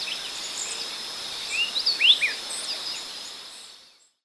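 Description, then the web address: Speckle-breasted wren giving a short burst of thin whistles against a high steady insect chorus, before the recording fades out. Ecuador. "S America Birds of Ecuador. Speckle-breasted Wren"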